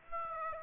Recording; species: mosquito wingbeat signal from an infrared sensor; Aedes aegypti